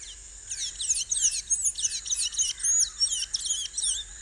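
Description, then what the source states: Blue-gray Tanager giving a fast run of thin, squeaky, twisting high notes in several short repeated bursts. Heard in the wild in Panama, in its natural habitat; song described as very raspy, with tees and tsk-tsk notes and multiple parts.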